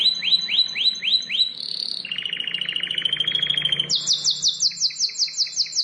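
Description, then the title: Bar-winged prinia song of repeated downward-sweeping chirps, a fast buzzy rattle, then a run of quick high chips repeated about every quarter second. "Ciblek Sawah"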